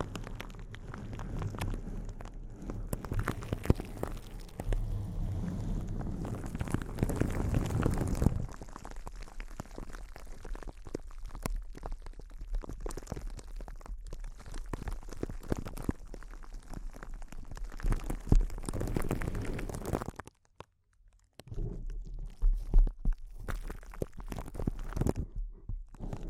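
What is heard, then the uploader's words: Intense close-up crinkling runs dense and irregular throughout, with a heavier low rumbling stretch before eight seconds and a brief silence near twenty seconds. ASMR Intense Close-Up Crinkles (No Talking).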